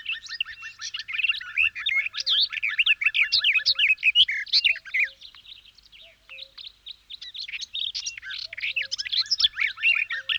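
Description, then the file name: Garden warbler song: fast, continuous warbling of rich, chattering phrases, quieter for a while near the middle before resuming. "kosmos 93 gartengrasmuecke"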